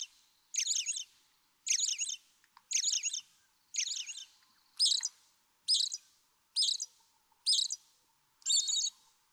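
American robin singing a run of brief, high, complex warbled phrases, each under half a second, spaced roughly a second apart with quiet gaps.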